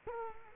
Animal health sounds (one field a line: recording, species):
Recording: mosquito wingbeat signal from an infrared sensor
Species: Culex quinquefasciatus